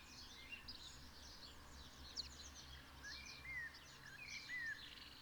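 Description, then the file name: European robin giving thin, high whistled notes with short rising and falling slurs, mixed with faint scratchy twittering above a steady low background hum. "Erithacus rubecula"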